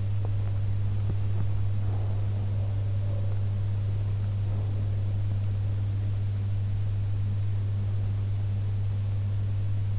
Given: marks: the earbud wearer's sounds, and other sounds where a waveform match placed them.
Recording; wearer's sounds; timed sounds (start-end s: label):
sounds in sleep by an in-ear microphone; teeth grinding, breath
0.00-1.56 s: teeth grinding
1.82-2.40 s: breath
2.58-3.83 s: sound from someone else or the room